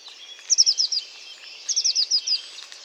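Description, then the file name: Eurasian blue tit producing two quick series of sharp, high, descending notes. "Cyanistes caeruleus"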